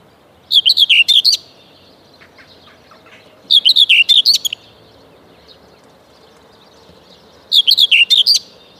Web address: Przyroda Ptaki Cierniówka